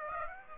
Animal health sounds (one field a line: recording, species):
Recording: mosquito wingbeat signal from an infrared sensor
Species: Aedes aegypti